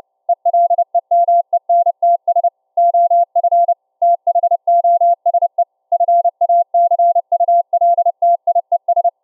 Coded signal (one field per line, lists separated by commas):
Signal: Morse code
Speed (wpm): 31 wpm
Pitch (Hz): 690 Hz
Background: none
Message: ELEMENTS OF THOSE FACULTIES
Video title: ULF CW Raspberry pi SDR Transmitter & Laptop SDR Receiver for TTE Radio Comms between Cave & Surface